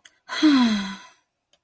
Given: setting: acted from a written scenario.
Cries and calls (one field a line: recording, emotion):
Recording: vocal sound without words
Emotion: ecstasy